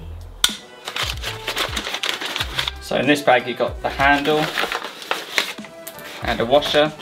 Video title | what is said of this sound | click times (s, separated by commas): Unboxing The Best Router Table On The Market! UJK PROFESSIONAL ROUTER TABLE! | it's got positive stops in the most common angles you're going to hear it click in place so | 0.4 s